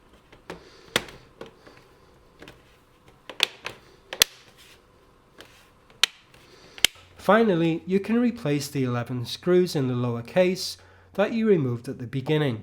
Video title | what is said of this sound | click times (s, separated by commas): Replacing screen on Lenovo Legion Y530 | Press down firmly along each edge until you hear the clicks as the clips reattach. | 1.0 s, 3.4 s, 4.2 s, 6.0 s, 6.8 s